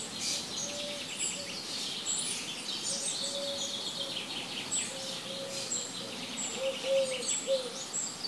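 Birds singing in a busy chorus, many high twittering chirps overlapping, with short low notes recurring throughout against a steady background hiss.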